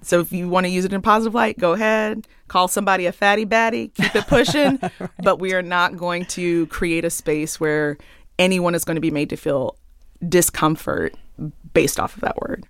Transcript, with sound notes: So if you want to use it in a positive light, go ahead, call somebody a fatty baddie, keep it pushing.
(Laughter) Right.
But we are not going to create a space where anyone is going to be made to feel discomfort based off of that word.